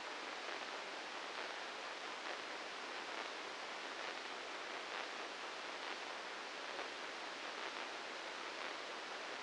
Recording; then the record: brain microelectrode recording played as sound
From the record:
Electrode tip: inside the subthalamic nucleus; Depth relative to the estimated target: -4 mm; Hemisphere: right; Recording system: NeuroSet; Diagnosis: Parkinson's disease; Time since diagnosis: 8 years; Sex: male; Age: 59 years